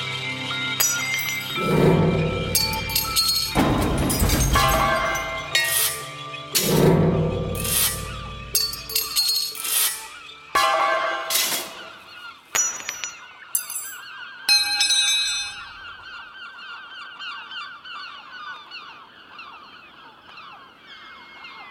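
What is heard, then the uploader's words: A city square in Rotterdam, with a dense, busy first half: loud low rumbles and bursts from passing traffic or activity, sharp clinks and clatters, and scattered voices. After about fifteen seconds it settles into a softer, steady murmur of the square with faint chatter. En Plein Publiek #1 - Binnerotte. The four pieces are based on sound recordings of other squares in the city of Rotterdam, made during the summer of 2011.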